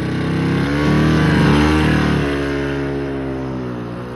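An old used car's engine struggles to start, its low droning hum swelling into a brief rev before sagging back to a rough, uneven idle. No voices.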